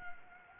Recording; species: mosquito wingbeat signal from an infrared sensor; Anopheles gambiae